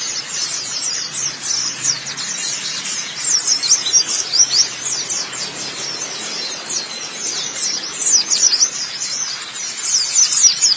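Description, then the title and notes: White-eye song: a dense, continuous wash of high, thin twittering chirps, with many rapid notes overlapping throughout. "Kicauan Burung Pleci Durasi Panjang. Suara kicauan burung pleci"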